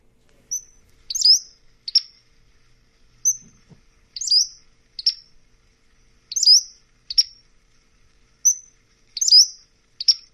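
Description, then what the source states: Pacific-slope Flycatcher calls: high thin peeps and sharp chips in short groups, repeated several times against a quiet background. Call described as a very distinct set of chips and peeps.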